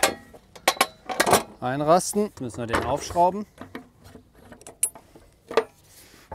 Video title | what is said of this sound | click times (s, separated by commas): Genussmobil: Tische und Stühle für bis zu 100 Personen | jetzt kommt der nächste fahrt mit dran einmal aufmachen einrasten | 0.7 s